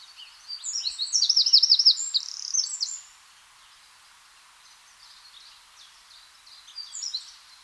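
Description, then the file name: Eurasian wren song: one fast, high burst of jumbled notes and a ringing trill lasting about two and a half seconds, then faint high notes. "Troglodytes troglodytes"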